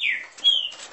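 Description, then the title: Green-winged saltator whistles, a falling slurred note followed by a long steady whistle and a short lower note. Bird warming up its song; song type labelled voice 09. "Canto De Trinca Ferro Voz 09. Trinca Ferro esquentando!"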